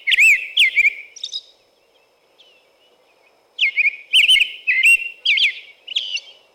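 American robin singing rich whistled phrases, a few at first, then a quiet gap before a longer burst of warbled, up-and-down notes.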